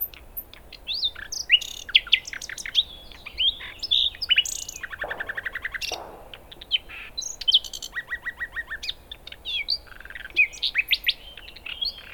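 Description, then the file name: Common nightingale song, dense run of chirps and whistles, then a fast buzzy rattle and repeated clicking notes, phrases following quickly one after another. "Luscinia megarhynchos"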